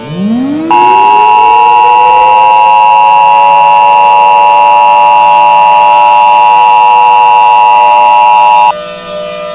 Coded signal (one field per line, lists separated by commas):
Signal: Emergency Alert System (SAME) tones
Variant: 853 and 960 Hz attention tone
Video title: EAS Scenario: Angry Skies in the Ozarks